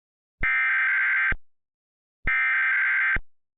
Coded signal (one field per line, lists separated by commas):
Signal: Emergency Alert System (SAME) tones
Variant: header bursts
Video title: EAS Mock: My first mock, remastered